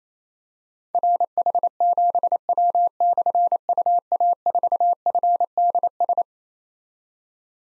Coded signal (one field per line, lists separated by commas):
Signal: Morse code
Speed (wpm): 28 wpm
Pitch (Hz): 700 Hz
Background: none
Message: RH7W/UA4FDS